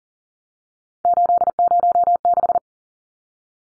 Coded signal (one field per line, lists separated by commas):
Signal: Morse code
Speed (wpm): 40 wpm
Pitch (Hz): 700 Hz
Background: none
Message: 806